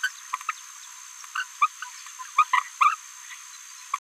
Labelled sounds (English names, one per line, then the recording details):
Green-rumped Parrotlet babbling
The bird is a female
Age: 27 days
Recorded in a nest box in Venezuela
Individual 17B73B3